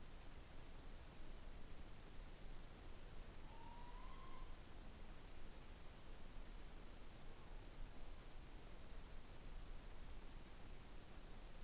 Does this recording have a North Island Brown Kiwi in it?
no